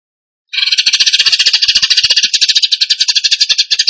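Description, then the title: Bird song starting abruptly after half a second of silence, then a continuous fast, buzzy, rattling chatter of rapid pulses at steady loudness. Masteran training song for songbirds, in the rapid-fire "tembakan gacor" style. "Masteran Burung Tembakan Gacor"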